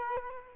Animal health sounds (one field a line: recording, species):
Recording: mosquito wingbeat signal from an infrared sensor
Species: Culex quinquefasciatus